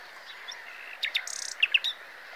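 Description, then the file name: Common nightingale song phrase: a short burst of sharp notes, a buzzy rattle, then two loud clear whistled pips, with a steady hiss behind. "Luscinia megarhynchos"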